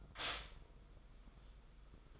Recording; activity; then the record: daily activity, microphone in the room; stop toaster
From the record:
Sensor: 5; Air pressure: 990.8 hPa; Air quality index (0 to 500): 146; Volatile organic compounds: 134 ppm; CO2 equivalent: 3948 ppm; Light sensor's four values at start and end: 40/123/47/50 and 40/122/47/50